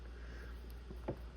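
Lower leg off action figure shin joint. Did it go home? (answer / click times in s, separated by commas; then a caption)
released / 1.1 s. The lower leg of an action figure is pulled off at its shin peg joint over a steady low hum, with a faint tick at 0.7 s. A short pop at 1.1 s marks the leg coming free of the joint.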